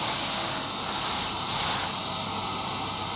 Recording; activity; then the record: daily activity, microphone in the room; vacuum cleaning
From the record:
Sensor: 3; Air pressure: 994.4 hPa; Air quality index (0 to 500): 208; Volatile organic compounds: 1000 ppm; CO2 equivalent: 6924 ppm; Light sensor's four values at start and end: 77/179/75/72 and 77/177/74/72